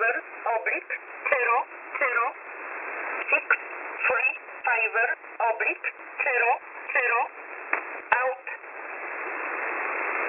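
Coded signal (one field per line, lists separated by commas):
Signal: numbers station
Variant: E11 Oblique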